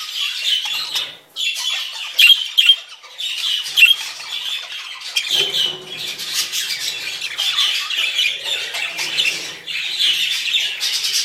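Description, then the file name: Parakeet flock chattering, many harsh high squawks and chirps overlapping in a steady busy stream, with occasional louder bursts and faint low rustling. A flock of parakeets calling together. "suara parkit rombongan. omkicau"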